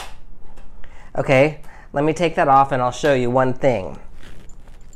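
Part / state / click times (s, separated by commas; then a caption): bobbin case into sewing machine rotary hook / seated / 0.8 s. A bobbin case is pushed onto the hook post of an industrial sewing machine's rotary hook, seating with a single sharp, quiet click at 0.8 s. Someone then talks, and a few faint soft knocks follow near the end.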